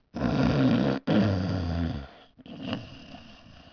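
Two loud, low, rattling rumbles, each about a second long, come back to back, then fade into quieter breathing noise. The coarse, fluttering vibration during breathing is typical of snoring.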